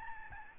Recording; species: mosquito wingbeat signal from an infrared sensor; Aedes albopictus